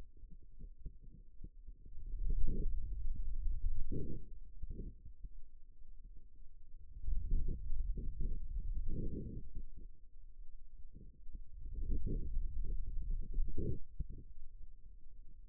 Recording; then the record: forearm muscle sounds (acoustic myography)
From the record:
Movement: finger pinch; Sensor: system 2, bracelet of six BSWA MPA416 microphones around the upper forearm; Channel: 3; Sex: male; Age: 22 years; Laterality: right